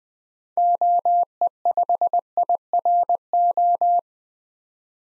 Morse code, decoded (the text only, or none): OE5IRO